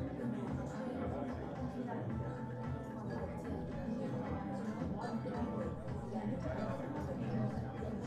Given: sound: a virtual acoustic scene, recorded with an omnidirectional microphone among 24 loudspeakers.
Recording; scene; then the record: noise of the scene; pub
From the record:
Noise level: 74 dB SPL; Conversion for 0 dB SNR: 1.6 dB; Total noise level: 75.6 dB SPL